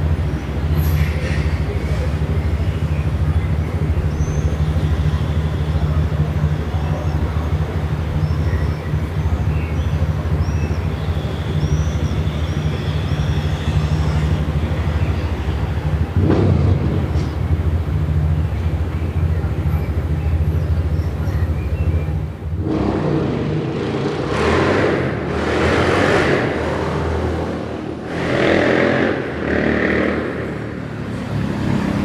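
Evening street sound on Via Moscova in Milan: a steady low rumble of idling traffic with faint voices and small clinks through the first twenty seconds. A brief swell passes around sixteen seconds, then from about twenty-three seconds louder vehicles pass in repeated hissing waves.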